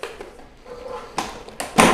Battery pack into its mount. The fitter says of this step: you can hear it snap together and you can see the power is back on